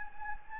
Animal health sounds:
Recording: mosquito wingbeat signal from an infrared sensor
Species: Anopheles gambiae

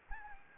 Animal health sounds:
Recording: mosquito wingbeat signal from an infrared sensor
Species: Anopheles arabiensis

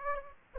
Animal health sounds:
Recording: mosquito wingbeat signal from an infrared sensor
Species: Aedes aegypti

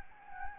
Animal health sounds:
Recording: mosquito wingbeat signal from an infrared sensor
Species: Anopheles gambiae

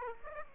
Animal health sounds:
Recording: mosquito wingbeat signal from an infrared sensor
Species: Aedes aegypti

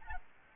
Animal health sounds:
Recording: mosquito wingbeat signal from an infrared sensor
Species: Aedes albopictus

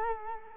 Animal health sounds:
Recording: mosquito wingbeat signal from an infrared sensor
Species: Culex quinquefasciatus

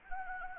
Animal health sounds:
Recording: mosquito wingbeat signal from an infrared sensor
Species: Anopheles arabiensis

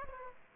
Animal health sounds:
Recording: mosquito wingbeat signal from an infrared sensor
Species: Aedes aegypti

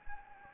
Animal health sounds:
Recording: mosquito wingbeat signal from an infrared sensor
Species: Anopheles gambiae

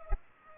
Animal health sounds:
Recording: mosquito wingbeat signal from an infrared sensor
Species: Culex pipiens

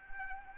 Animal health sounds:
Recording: mosquito wingbeat signal from an infrared sensor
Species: Anopheles arabiensis

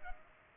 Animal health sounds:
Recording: mosquito wingbeat signal from an infrared sensor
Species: Culex pipiens

